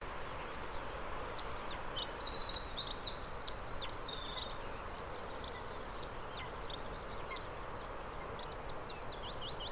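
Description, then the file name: Eurasian wren song: a fast high trilling and twittering burst for about four seconds, followed by faint, scattered high ticking notes over steady background hiss. "Troglodytes troglodytes"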